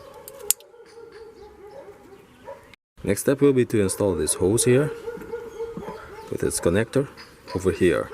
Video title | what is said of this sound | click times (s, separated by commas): Range Rover Sport L320 Part 2 | Make sure you hear the clicking sound. | 0.5 s